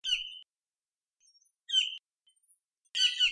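Oriole giving three harsh, buzzy, rasping notes, with silence between them.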